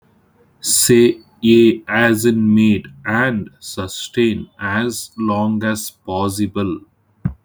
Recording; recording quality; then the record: sustained vowel as in made; poor, much background noise or distortion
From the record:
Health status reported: healthy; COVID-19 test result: negative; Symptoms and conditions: none ticked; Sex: male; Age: 34 years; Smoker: not ticked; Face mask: not worn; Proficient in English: yes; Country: India